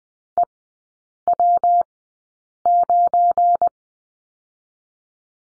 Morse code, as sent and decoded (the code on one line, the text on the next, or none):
. .-- ----.
EW9